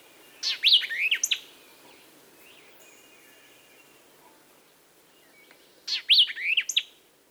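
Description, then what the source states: White-eyed Vireo song, a sharp emphatic phrase of quick slurred notes given twice, about five seconds apart, with quiet between. Sharp, emphatic song, unlike other vireos' mellow songs, rendered chick purrowio chick; the initial chick phrase is a common element in the song.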